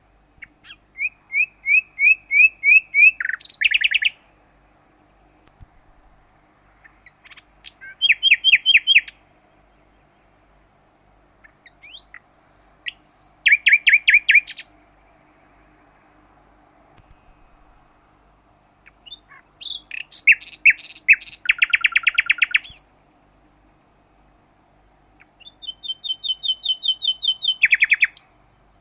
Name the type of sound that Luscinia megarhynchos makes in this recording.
social call